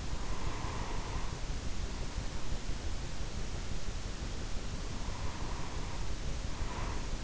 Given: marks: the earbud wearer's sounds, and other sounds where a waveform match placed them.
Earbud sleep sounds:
sounds in sleep by an in-ear microphone; breath
0.27-2.70 s: breath
4.73-7.24 s: breath

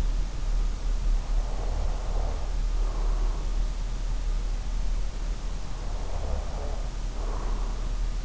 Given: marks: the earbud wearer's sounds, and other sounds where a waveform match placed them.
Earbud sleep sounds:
sounds in sleep by an in-ear microphone; breath
1.16-3.69 s: breath
5.51-8.09 s: breath

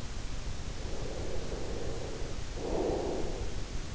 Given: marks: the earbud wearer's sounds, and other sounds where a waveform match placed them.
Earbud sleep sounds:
sounds in sleep by an in-ear microphone; breath
0.82-3.76 s: breath

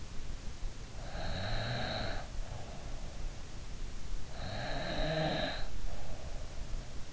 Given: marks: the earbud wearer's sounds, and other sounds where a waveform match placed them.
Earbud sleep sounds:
sounds in sleep by an in-ear microphone; snoring breath
1.04-2.94 s: snoring breath
4.30-6.47 s: snoring breath

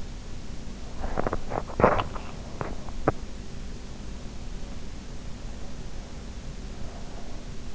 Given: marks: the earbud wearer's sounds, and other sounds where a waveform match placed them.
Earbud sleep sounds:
sounds in sleep by an in-ear microphone; teeth grinding
0.79-3.55 s: teeth grinding

